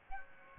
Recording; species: mosquito wingbeat signal from an infrared sensor; Aedes albopictus